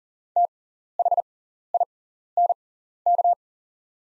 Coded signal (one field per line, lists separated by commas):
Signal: Morse code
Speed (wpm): 38 wpm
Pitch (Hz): 700 Hz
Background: none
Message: THINK